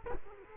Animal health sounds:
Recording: mosquito wingbeat signal from an infrared sensor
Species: Culex quinquefasciatus

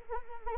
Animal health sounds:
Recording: mosquito wingbeat signal from an infrared sensor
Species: Anopheles arabiensis

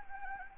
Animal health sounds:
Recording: mosquito wingbeat signal from an infrared sensor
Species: Anopheles gambiae

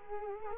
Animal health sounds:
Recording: mosquito wingbeat signal from an infrared sensor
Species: Culex quinquefasciatus

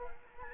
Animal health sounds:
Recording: mosquito wingbeat signal from an infrared sensor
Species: Culex quinquefasciatus

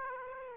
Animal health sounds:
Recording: mosquito wingbeat signal from an infrared sensor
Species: Aedes aegypti

